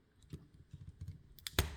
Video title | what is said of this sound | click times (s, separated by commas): Chronique n°224 : Masters of the Universe origins : Horde Trooper Prime | Voilà, et ça se reclipse et vous pouvez remettre ici. | 1.5 s, 1.6 s